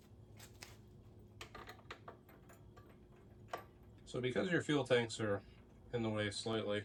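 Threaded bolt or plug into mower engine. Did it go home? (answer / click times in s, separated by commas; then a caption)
no / none. A threaded bolt or plug is fished blindly by hand into its hole on a Cub Cadet mower engine behind the fuel tanks, and started on its threads before any wrench tightening. Faint metallic ticks and taps come at about 0.6, 1.4, 1.9 and 3.5 s, then someone talks from about 4.1 s. The bolt is started a few threads in and does not feel cross-threaded, and nothing has clicked or seated yet.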